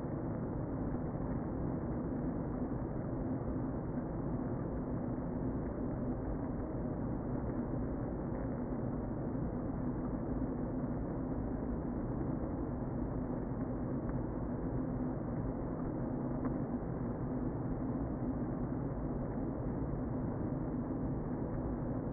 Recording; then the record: honeybee colony, microphone inside the hive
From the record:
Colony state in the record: queen present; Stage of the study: before two queens were removed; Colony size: about 60,000 bees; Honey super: yes